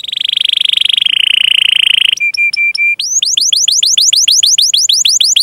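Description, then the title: Canary song: a long rolling buzzy trill, a few flat repeated piping tones, then a quick series of rising whistled notes. Canary singing vigorously (gacor) with ornamented song phrases (cengkok, isian), for bird-song training. "Kenari Gacor Cengkok Isian Kenarigacor Kicaumania Kenari"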